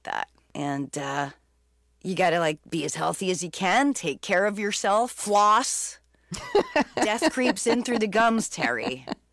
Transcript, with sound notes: And you got to, like, be as healthy as you can, take care of yourself, floss.
(Laughter).
Death creeps in through the gums, Terry.